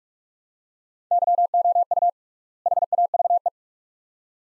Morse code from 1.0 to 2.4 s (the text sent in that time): YOU